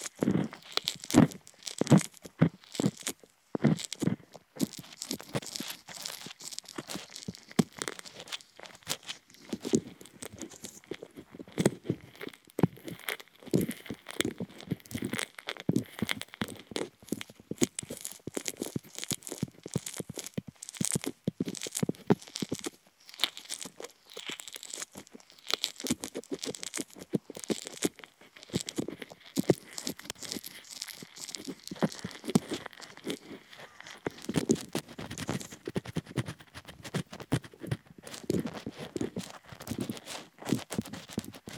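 Ear tickling sounds: a dense, unbroken run of quick scratchy, crinkly taps and rustles that lasts the whole time. The bursts come fast and irregular, bright and papery, with soft low thumps mixed in and brief lulls near four and twenty-three seconds.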